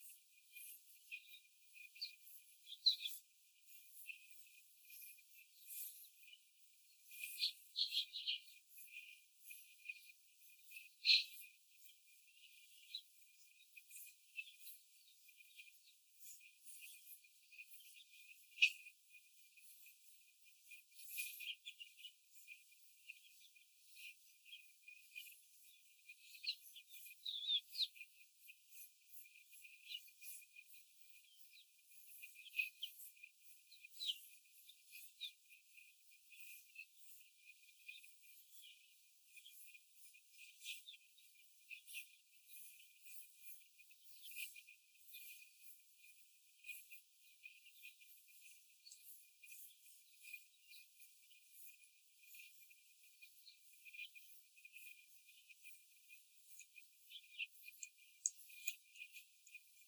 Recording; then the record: young laying hens in a cage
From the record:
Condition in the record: after the stressor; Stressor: simulated dog barking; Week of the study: 4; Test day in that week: 1